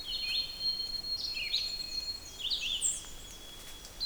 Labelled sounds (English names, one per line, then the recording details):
Red-eyed Vireo song
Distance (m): 30 m
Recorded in boreal forest in Alberta, Canada, on 6 June 2016 at 05:56
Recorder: SongMeter 3, array SBT-3-51
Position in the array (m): 37 m, 109 m